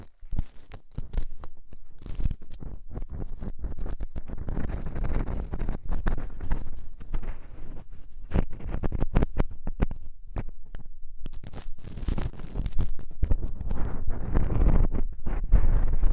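Deep ear cleaning with dense crackling, scratching and rubbing, constant and irregular, rumbling low with bright clicks and brief quieter gaps around ten seconds.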